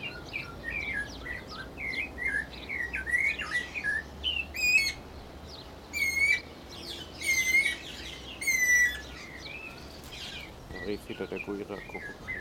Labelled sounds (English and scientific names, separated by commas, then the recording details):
Guira Cuckoo (Guira guira)
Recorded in captivity
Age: adult
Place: Zoo Berlin, Berlin, DE
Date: 1992-05-09 11:33
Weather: wolkig, 11-14°C
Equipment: Nagra SN, Mikrofon AKG CK 8, Kopie Tesla B 116
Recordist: Tembrock, Günter